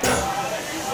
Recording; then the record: coughing mixed with background sound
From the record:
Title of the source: Spring Cold Coughing 3